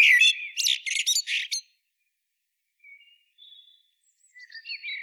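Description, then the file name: Common blackbird phrase ending in a burst of high, scratchy twittering notes, followed by a pause and a few faint thin whistles. "Turdus merula"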